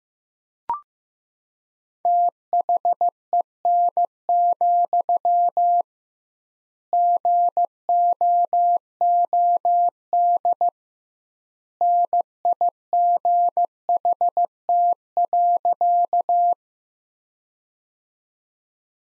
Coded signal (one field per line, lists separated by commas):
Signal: Morse code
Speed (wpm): 16 wpm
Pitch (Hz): 700 Hz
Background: none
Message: THEN, GOOD NIGHT.